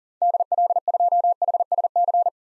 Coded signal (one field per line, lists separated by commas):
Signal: Morse code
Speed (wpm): 40 wpm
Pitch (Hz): 700 Hz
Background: none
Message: DL2HSC